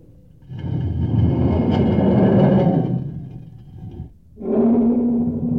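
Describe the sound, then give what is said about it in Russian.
A heavy stone is rolled over the opening of a lions' pit, grinding and rolling with a deep, sustained rumble lasting a few seconds, breaking off briefly, then resuming with a lower scraping drone. No voices are heard. “И принесен был камень, и положен на отверстие рва.”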